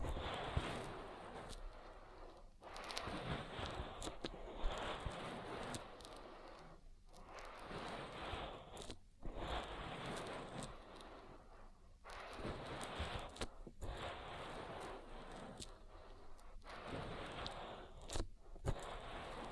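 Oil ear massage: dense, continuous slick crackling and rubbing with crunchy texture, broken by brief silent gaps every few seconds.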